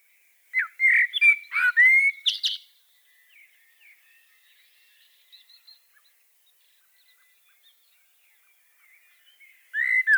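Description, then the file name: Common blackbird song: a fluting warbled phrase of mellow whistles that ends in a squeaky high twitter, then a long quiet pause before the next phrase begins. "Turdus merula"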